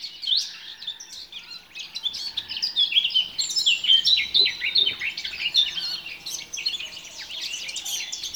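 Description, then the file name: Eurasian blackcap giving a continuous, fast jumble of high chattering and warbled notes throughout, varied in pitch with no clear pauses. "Sylvia atricapilla"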